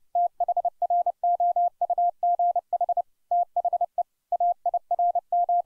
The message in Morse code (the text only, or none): THROUGH THE AIR M